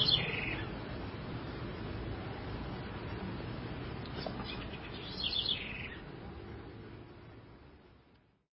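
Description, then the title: House wren song: two short, bubbly bursts of rapid notes, one at the start and one about five seconds later, over steady low rumbling background noise. "cURRUIRA"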